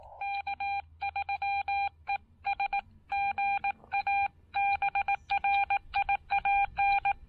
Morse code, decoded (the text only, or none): K3ES GA BRIAN